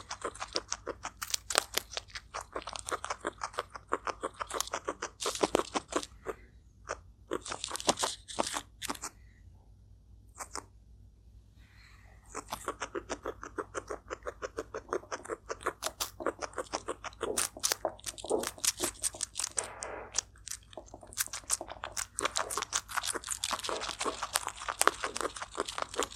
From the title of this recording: turtle eating asmr mukbang